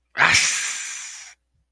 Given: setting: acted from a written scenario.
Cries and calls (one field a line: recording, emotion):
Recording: vocal sound without words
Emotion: triumph